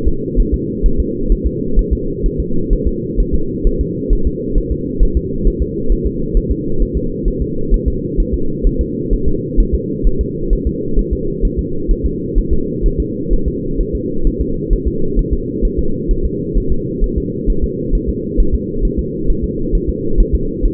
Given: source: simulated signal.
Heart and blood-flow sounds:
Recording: fetal heart sounds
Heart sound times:
0.08 s: S2
0.40 s: S1
0.54 s: S2
0.86 s: S1
1.00 s: S2
1.32 s: S1
1.47 s: S2
1.79 s: S1
1.93 s: S2
2.26 s: S1
2.40 s: S2
2.73 s: S1
2.88 s: S2
3.20 s: S1
3.34 s: S2
3.67 s: S1
3.81 s: S2
4.13 s: S1
4.27 s: S2
4.58 s: S1
4.72 s: S2
5.03 s: S1
5.17 s: S2
5.47 s: S1
5.62 s: S2
5.92 s: S1
6.06 s: S2
6.37 s: S1
6.52 s: S2
6.83 s: S1
6.97 s: S2
7.28 s: S1
7.42 s: S2
7.74 s: S1
7.88 s: S2
8.20 s: S1
8.34 s: S2
8.67 s: S1
8.81 s: S2
9.14 s: S1
9.28 s: S2
9.60 s: S1
9.75 s: S2
10.07 s: S1
10.21 s: S2
10.53 s: S1
10.67 s: S2
10.99 s: S1
11.13 s: S2
11.45 s: S1
11.59 s: S2
11.91 s: S1
12.06 s: S2
12.38 s: S1
12.53 s: S2
12.86 s: S1
13.00 s: S2
13.33 s: S1
13.48 s: S2
13.81 s: S1
13.95 s: S2
14.27 s: S1
14.41 s: S2
14.73 s: S1
14.88 s: S2
15.19 s: S1
15.33 s: S2
15.65 s: S1
15.79 s: S2
16.11 s: S1
16.25 s: S2
16.58 s: S1
16.72 s: S2
17.04 s: S1
17.18 s: S2
17.50 s: S1
17.64 s: S2
17.95 s: S1
18.09 s: S2
18.40 s: S1
18.55 s: S2
18.85 s: S1
18.99 s: S2
19.30 s: S1
19.44 s: S2
19.75 s: S1
19.89 s: S2
20.20 s: S1
20.35 s: S2
20.65 s: S1
From the record:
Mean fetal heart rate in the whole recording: 130 bpm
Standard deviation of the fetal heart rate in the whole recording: 4 bpm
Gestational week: 38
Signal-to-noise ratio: -8.1 dB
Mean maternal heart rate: 72 bpm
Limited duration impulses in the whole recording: absent

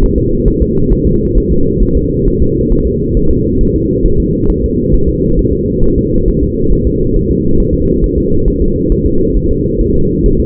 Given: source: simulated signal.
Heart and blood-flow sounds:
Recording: fetal heart sounds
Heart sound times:
0.04 s: S1
0.18 s: S2
0.48 s: S1
0.62 s: S2
0.93 s: S1
1.07 s: S2
1.38 s: S1
1.52 s: S2
1.83 s: S1
1.97 s: S2
2.28 s: S1
2.42 s: S2
2.73 s: S1
2.87 s: S2
3.17 s: S1
3.31 s: S2
3.61 s: S1
3.76 s: S2
4.06 s: S1
4.20 s: S2
4.50 s: S1
4.64 s: S2
4.95 s: S1
5.09 s: S2
5.39 s: S1
5.53 s: S2
5.84 s: S1
5.98 s: S2
6.28 s: S1
6.43 s: S2
6.73 s: S1
6.87 s: S2
7.17 s: S1
7.31 s: S2
7.60 s: S1
7.75 s: S2
8.04 s: S1
8.18 s: S2
8.48 s: S1
8.62 s: S2
8.92 s: S1
9.06 s: S2
9.37 s: S1
9.51 s: S2
9.81 s: S1
9.96 s: S2
10.26 s: S1
10.40 s: S2
From the record:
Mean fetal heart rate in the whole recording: 135 bpm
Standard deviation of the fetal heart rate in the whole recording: 3 bpm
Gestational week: 36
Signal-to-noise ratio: -16.4 dB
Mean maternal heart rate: 72 bpm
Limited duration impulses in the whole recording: present

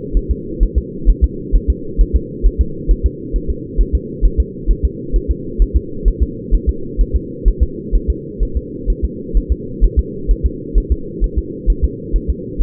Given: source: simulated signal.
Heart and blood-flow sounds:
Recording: fetal heart sounds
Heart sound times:
0.17 s: S1
0.31 s: S2
0.63 s: S1
0.78 s: S2
1.10 s: S1
1.24 s: S2
1.56 s: S1
1.70 s: S2
2.01 s: S1
2.16 s: S2
2.46 s: S1
2.61 s: S2
2.91 s: S1
3.06 s: S2
3.36 s: S1
3.50 s: S2
3.81 s: S1
3.95 s: S2
4.25 s: S1
4.40 s: S2
4.71 s: S1
4.85 s: S2
5.16 s: S1
5.31 s: S2
5.62 s: S1
5.76 s: S2
6.08 s: S1
6.23 s: S2
6.54 s: S1
6.69 s: S2
7.01 s: S1
7.16 s: S2
7.48 s: S1
7.63 s: S2
7.95 s: S1
8.10 s: S2
8.43 s: S1
8.57 s: S2
8.90 s: S1
9.05 s: S2
9.37 s: S1
9.52 s: S2
9.84 s: S1
9.99 s: S2
10.31 s: S1
10.46 s: S2
10.78 s: S1
10.92 s: S2
11.24 s: S1
11.38 s: S2
11.70 s: S1
11.84 s: S2
12.16 s: S1
12.30 s: S2
12.62 s: S1
From the record:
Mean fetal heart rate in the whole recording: 130 bpm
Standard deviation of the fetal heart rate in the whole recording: 2 bpm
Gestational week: 36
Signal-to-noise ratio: -4.3 dB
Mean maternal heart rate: 72 bpm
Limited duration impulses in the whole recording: absent

